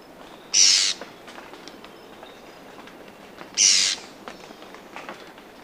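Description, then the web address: Esmeraldas antbird giving two short, harsh, buzzy bursts about three seconds apart. Ecuador. "Birds of Ecuador. Esmeraldas Antbird"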